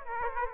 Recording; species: mosquito wingbeat signal from an infrared sensor; Aedes aegypti